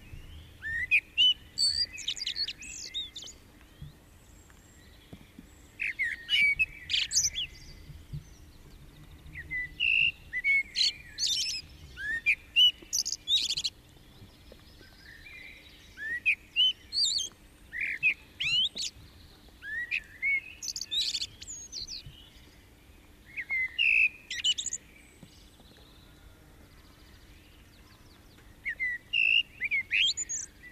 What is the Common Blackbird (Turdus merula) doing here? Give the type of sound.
song